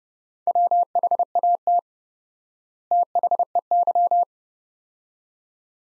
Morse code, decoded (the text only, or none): WHAT THEY